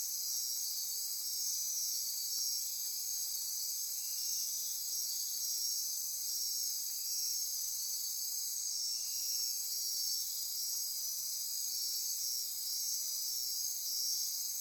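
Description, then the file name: Insects chorusing at night, a constant high-pitched ringing drone, unchanging across the whole stretch. Insect chorus recorded at midnight near Corcovado by Andy Martin. "Wind-is-the-Original-Radio-Fridays 20240628 Andy-Martin Midnight-Insect-Chorus-Near-Corcovado"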